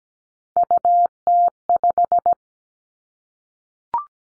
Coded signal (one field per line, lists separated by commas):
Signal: Morse code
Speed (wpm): 17 wpm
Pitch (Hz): 700 Hz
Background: none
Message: UT5